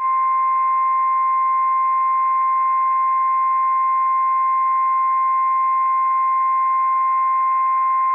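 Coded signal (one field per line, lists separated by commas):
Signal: Emergency Alert System (SAME) tones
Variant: 1050 Hz attention tone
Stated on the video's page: Operational Required Weekly Test issued by the National Weather Service in Pendleton, Oregon, for seven Washington counties.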